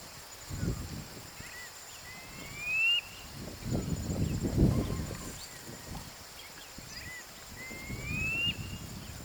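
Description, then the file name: Brown quail whistling twice, each a rising upslurred note several seconds apart, with bursts of low rumbling and rustling noise in between. "Golosa ptic - Buryj perepel Synoicus ypsilophorus"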